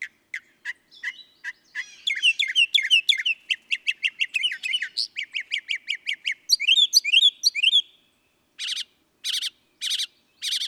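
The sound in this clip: Northern mockingbird delivering a long varied song: quick chips, a busy chattering run of mixed notes, squeaky phrases, then spaced harsh bursts.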